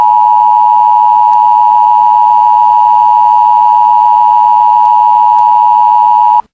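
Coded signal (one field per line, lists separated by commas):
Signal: Emergency Alert System (SAME) tones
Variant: 853 and 960 Hz attention tone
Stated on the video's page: Fictional nuclear bomb EAS scenario interrupting a cartoon, using valid EAS tones.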